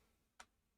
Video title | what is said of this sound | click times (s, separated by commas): LIVE: Follow UP some progress with the cursed PS4 Controller 1st Gen. :( | push down push down until it clicks hahaha | 0.4 s